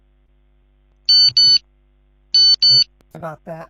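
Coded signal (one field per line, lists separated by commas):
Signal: none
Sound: a kitchen timer's beeps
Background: speech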